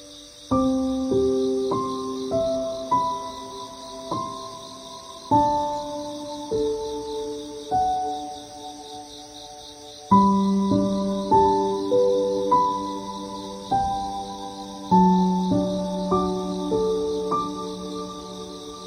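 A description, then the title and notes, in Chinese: Autumn insects chirr in a steady, high, shimmering layer throughout. Over them, a plucked string instrument plays a slow, low-to-middle melody, each note ringing and fading, with stronger phrase openings at about 5, 10 and 15 seconds. 秋听虫声。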